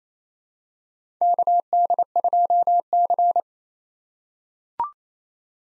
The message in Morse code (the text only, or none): KD2C